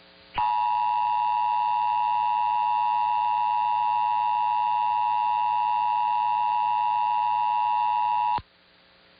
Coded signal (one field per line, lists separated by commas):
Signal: Emergency Alert System (SAME) tones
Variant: 853 and 960 Hz attention tone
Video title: [EAS #1711-#1723] Pennsylvania & Orange County Monthly Tests